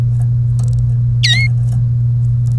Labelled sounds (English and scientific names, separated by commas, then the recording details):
Domestic Canary (Serinus canaria) song
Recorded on 1 May 2018 at 09:15
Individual llb3